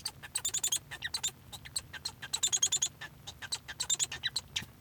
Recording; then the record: song of a male Bengalese finch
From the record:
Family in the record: son of father 1